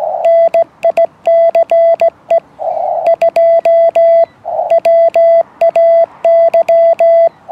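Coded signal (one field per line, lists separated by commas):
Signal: Morse code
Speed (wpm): 17 wpm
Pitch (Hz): 670 Hz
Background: none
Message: NICE 2 WAY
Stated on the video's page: 2xQRP CW contact on 40m using a YouKits mono-band transceiver and tri-band linked dipole, operated outdoors portable in rain.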